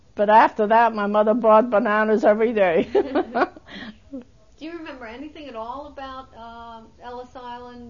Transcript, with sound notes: But after that my mother bought bananas every day. ( she laughs )
Do you remember anything at all about Ellis Island?